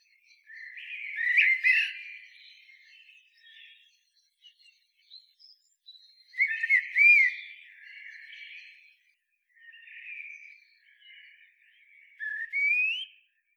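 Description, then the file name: Common blackbird song, several separate phrases of mellow whistles trailing into thin twitters, the last ending in a short rising note. "Turdus merula"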